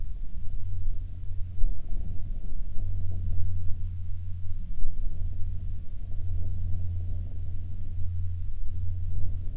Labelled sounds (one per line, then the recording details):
aircraft
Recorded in the Prudhoe Bay oil fields, Alaska, on 29 July 2019 at 17:36
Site 22